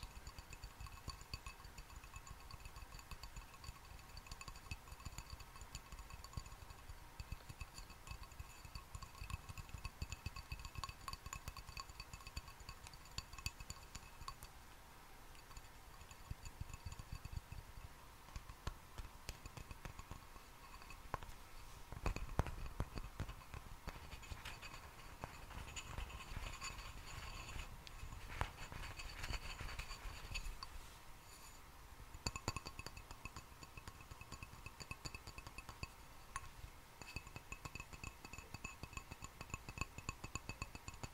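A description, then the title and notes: Quiet hand sounds near candles: soft plucking motions with light taps and faint clinks scattered through the clip. A steady thin hum and high ringing tones sit underneath throughout, with a busier cluster of soft crackly touches around the middle and again near thirty seconds. PLUCKING WITH CANDLES. ASMR NO TALKING, ASMR LIGHTNING CANDLES.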